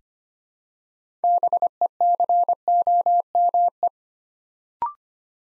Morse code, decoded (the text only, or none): BECOME